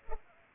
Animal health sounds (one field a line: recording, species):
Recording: mosquito wingbeat signal from an infrared sensor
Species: Culex pipiens